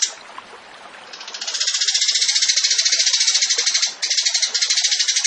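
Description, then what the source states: Tembakan bird song: a long, rattling trill of very rapid high pulses that builds up, briefly breaks, then continues steadily. Masteran, a training recording for songbirds; the bird is described as gacor, singing constantly.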